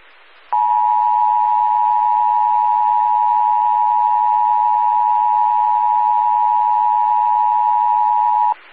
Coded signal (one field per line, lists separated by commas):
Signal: Emergency Alert System (SAME) tones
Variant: 853 and 960 Hz attention tone